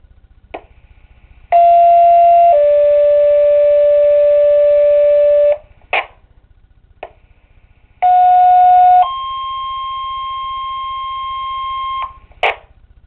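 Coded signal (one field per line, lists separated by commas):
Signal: two-tone page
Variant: two-tone sequential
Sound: two pages, each a short one-second tone followed by a longer three-second tone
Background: radio hum and clicks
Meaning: Monthly test activation of fire company pagers and sirens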